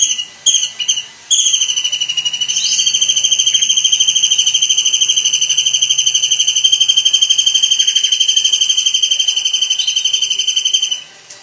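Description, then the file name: Kingfisher uttering a few sharp high notes, then a long, even, rapid shrill trill lasting about ten seconds before stopping, followed by a couple of faint notes. "suara burung tengkek udang"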